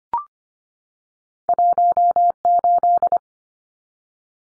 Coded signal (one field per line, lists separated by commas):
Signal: Morse code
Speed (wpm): 25 wpm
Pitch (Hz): 700 Hz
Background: none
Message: 18